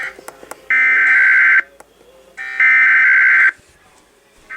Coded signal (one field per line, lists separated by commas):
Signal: Emergency Alert System (SAME) tones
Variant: header bursts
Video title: More Severe Weather... EAS Alerts from 7/6/21-7/7/21